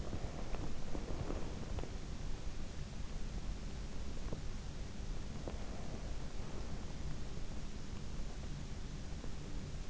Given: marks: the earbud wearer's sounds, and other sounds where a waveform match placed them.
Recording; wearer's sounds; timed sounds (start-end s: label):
sounds in sleep by an in-ear microphone; teeth grinding
0.00-1.99 s: teeth grinding
4.23-5.65 s: sound from someone else or the room